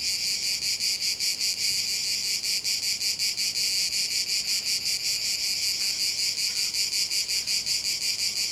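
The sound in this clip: Cicadas buzzing in a dense chorus, a loud shrill drone pulsing about three times a second throughout, with no other clear sounds.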